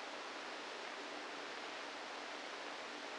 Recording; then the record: brain microelectrode recording played as sound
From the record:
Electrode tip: inside the subthalamic nucleus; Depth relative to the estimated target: -1 mm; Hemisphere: right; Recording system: NeuroSet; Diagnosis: Parkinson's disease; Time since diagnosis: 7 years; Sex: female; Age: 68 years